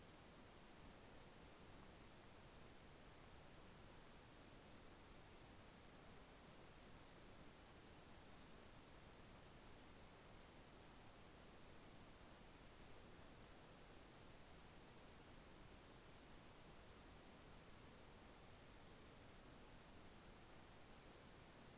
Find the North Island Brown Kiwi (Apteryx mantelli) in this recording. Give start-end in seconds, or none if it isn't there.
none